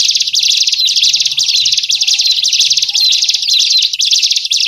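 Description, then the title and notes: Birds chattering continuously in a thick, high, buzzy wall of rapid chirps, with soft lower whistled notes now and then. Lure sounds to attract wary, stubborn birds that are hard to approach. "Suara Burung Bandel Yang Susah Mendekati. Kompilasi Suara Pikat Burung"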